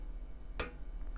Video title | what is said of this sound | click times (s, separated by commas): Agora Models 1967 Shelby Mustang Super Snake - Pack 11 - Stages 83-90 | just like that you heard that click so | 0.6 s